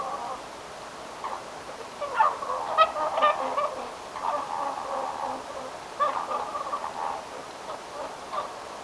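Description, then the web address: Whooper swans giving a busy run of soft, nasal honking calls with layered overtones, overlapping and repeated throughout against a steady background hiss. Whooper swan family with young calling at a barn swallow nesting site; close-range social calls of the young; recorded 29 October 2025. "paivat 29 10 2025 haarapaaskysen pesapaikan laulujoutsenpesue aantelee lahiaania sosiaalisia poikasten aantelyja"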